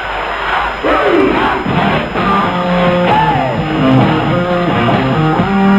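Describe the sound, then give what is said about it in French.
A large, ecstatic crowd at a summer concert roars and cheers continuously, many voices shouting and whooping at once in a loud, dense wall of sound with rising and falling yells. “La foule quasiment extatique.”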